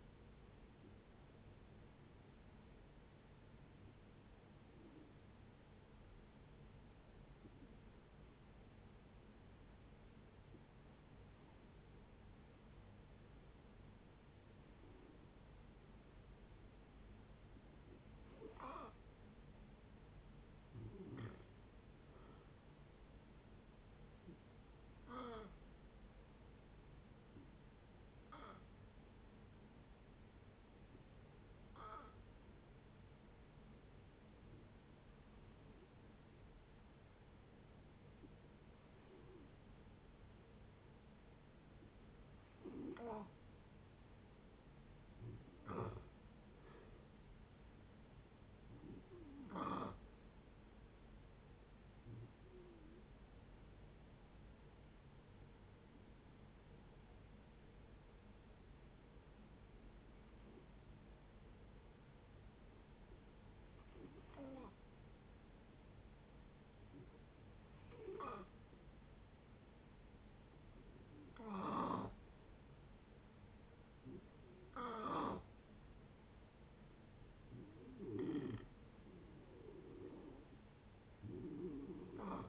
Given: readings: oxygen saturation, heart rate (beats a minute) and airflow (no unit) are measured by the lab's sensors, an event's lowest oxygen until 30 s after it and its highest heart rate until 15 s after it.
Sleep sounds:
breathing in sleep by a voice recorder at the bedside; 3
5.00-20.60 s: hypopnea (N2, oxygen 92% highest, then 89% lowest, heart rate 66 at the start, 74 highest)
28.00-44.30 s: hypopnea (N2, oxygen 93% highest, then 88% lowest, heart rate 69 at the start, 71 highest)
54.00-76.00 s: hypopnea (N2, oxygen 93% highest, then 88% lowest, heart rate 67 at the start, 72 highest)
From the record:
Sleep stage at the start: N2 (light sleep); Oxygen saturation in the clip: 83 to 93%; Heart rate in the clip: 56 to 75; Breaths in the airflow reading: 22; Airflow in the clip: -10.9 to 13.1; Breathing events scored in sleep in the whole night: 496 in 5.4 hours asleep

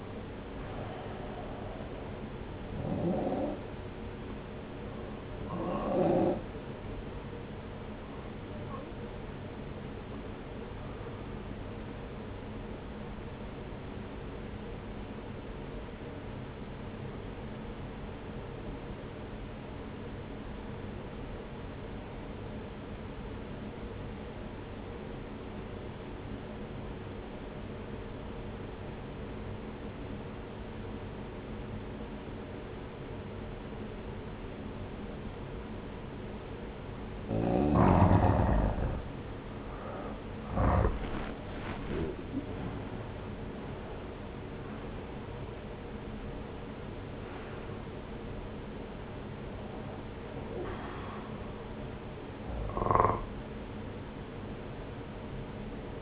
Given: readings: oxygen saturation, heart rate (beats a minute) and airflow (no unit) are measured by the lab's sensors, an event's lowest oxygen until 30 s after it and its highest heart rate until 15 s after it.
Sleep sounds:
breathing in sleep by a voice recorder at the bedside; 1
14.00-38.30 s: obstructive apnea (N1, oxygen 94% highest, then 86% lowest, heart rate 62 at the start, 73 highest)
18.00-56.02 s: new sleep stage, N2 (light sleep)
From the record:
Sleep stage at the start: N1 (lightest sleep); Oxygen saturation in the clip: 86 to 94%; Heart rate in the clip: 58 to 73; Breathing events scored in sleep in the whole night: 303 in 8.1 hours asleep

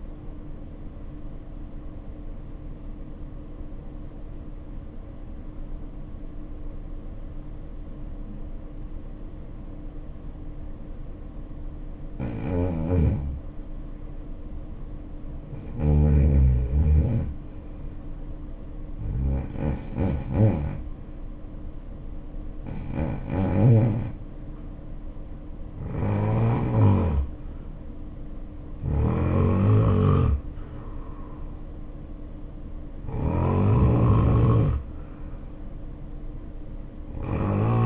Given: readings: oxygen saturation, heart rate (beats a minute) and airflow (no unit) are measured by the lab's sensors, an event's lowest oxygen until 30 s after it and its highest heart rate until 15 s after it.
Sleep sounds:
breathing in sleep by a smartphone at the bedside; 1
4.00-20.30 s: hypopnea (N1, oxygen 95% highest, then 82% lowest, heart rate 57 at the start, 70 highest)
From the record:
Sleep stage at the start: N1 (lightest sleep); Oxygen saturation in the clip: 82 to 95%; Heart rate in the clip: 57 to 70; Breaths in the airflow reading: 7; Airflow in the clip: -5.8 to 5.1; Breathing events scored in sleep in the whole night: 520 in 7.2 hours asleep

